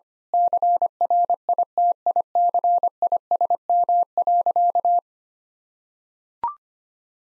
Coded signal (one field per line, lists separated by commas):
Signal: Morse code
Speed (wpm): 25 wpm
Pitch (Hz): 700 Hz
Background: none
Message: CRITICISM.